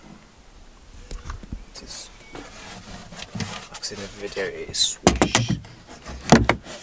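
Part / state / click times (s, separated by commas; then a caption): latch on a camper van overhead headliner shelf / seated / 6.3 s, 6.5 s. Someone talks while an item or panel is put into a DIY overhead headliner storage shelf in a Ford Transit Connect camper van conversion. Handling knocks and rustles build up before the shelf latch clicks home with a nice positive click at 6.3 s and 6.5 s, and the item is seated.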